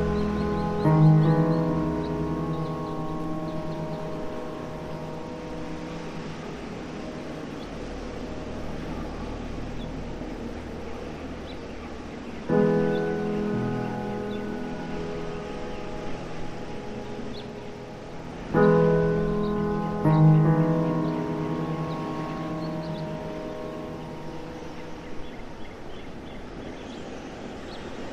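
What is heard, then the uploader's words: Soft ambient music rings over a steady wind-swept outdoor hush, with sustained, bell-like chords that swell and slowly fade. New chords strike at the start, around twelve seconds, and near nineteen seconds, each blooming then decaying. A low rumble and faint rustling continue underneath throughout. Wind-swept summer countryside, with ambient sounds and beautiful ambient music.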